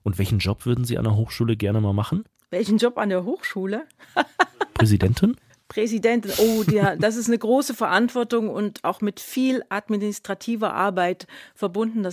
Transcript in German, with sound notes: Welchen Job würden Sie an der Hochschule gerne mal machen?
Welchen Job an der Hochschule? (lacht)
Präsidentin?
Oh, das ist eine große Verantwortung und auch mit viel administrativer Arbeit verbunden.